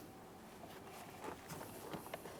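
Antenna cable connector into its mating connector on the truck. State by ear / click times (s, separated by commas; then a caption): not seated / none. A plastic antenna cable connector with a small locking tab is lined up with its groove and handled against its mating connector on a 2015-2020 Ford F-150 truck during an antenna base and cable replacement. Soft rustling and faint handling taps are heard over a steady background. Nothing has seated or clicked yet.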